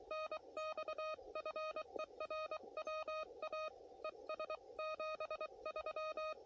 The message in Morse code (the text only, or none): NX FER WA ES 73